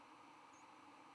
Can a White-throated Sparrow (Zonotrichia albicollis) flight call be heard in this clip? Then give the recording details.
no. Another species' flight call is heard. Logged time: 05:25 on 11 November 2014